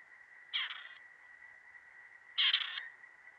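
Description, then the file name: Grey partridge giving two harsh, grating rasps a couple of seconds apart, over a steady thin high-pitched hum. "kuropatwa"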